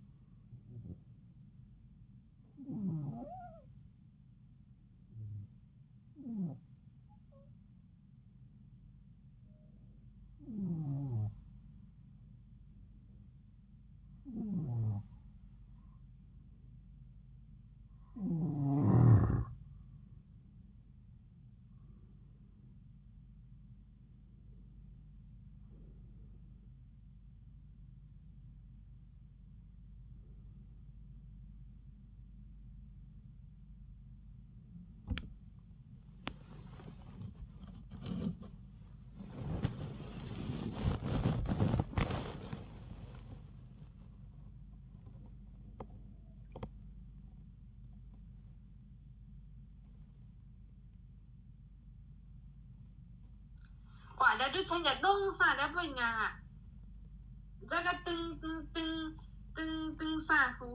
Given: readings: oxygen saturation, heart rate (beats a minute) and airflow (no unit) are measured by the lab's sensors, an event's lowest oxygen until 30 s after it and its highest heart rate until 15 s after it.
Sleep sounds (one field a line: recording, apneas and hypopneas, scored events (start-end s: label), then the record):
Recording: a person awake in a sleep study, by a smartphone at the bedside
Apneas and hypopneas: 1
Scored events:
9.00-36.50 s: hypopnea (N2, oxygen 93% highest, then 92% lowest, heart rate 71 at the start, 74 highest)
23.00-60.74 s: new sleep stage, awake
25.00-60.74 s: awake
From the record:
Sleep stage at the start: N2 (light sleep)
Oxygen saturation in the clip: 92 to 96%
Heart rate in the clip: 66 to 74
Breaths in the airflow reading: 15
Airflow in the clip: -8.4 to 8.8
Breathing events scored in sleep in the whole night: 270 in 6.1 hours asleep